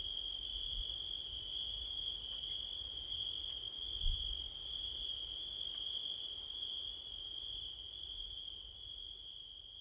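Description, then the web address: Dense cricket chorus of a steady high tone and pulsed trill, wind rumbling low with a small knock near the middle, fading slightly toward the end. Windy September night. "audio crickets wind september night blumlein"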